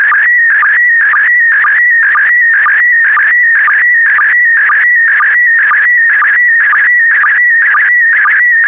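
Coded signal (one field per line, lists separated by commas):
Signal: SSTV (slow-scan television)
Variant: PD120 mode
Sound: warbling tone around 2 kHz with a short low chirp about twice a second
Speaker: complete you can now check your decoded image against the picture that is shown on the video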